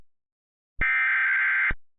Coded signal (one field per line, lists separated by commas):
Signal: Emergency Alert System (SAME) tones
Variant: header bursts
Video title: EAS Mock: "This isn't your standard RMT.."